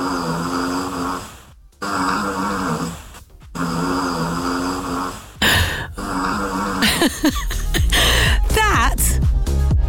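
A tiny 10-year-old Cavapoo snores under a bed at night in loud, buzzy, slightly tonal bursts, about one every one and a half seconds, with brief quiet gaps between them. Radio station jingle and sweep sounds take over in the last few seconds.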